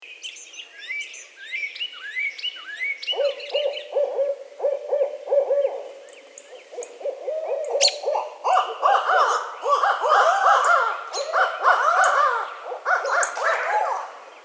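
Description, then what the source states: Barred owl calling, a run of repeated hoots, then a loud jumble of cackling, yelping notes in the second half. Recorded on 1 April 2011.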